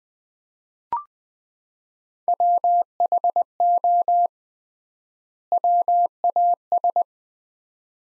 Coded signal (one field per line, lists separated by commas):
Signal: Morse code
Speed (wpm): 20 wpm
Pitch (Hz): 700 Hz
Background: none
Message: WHO WAS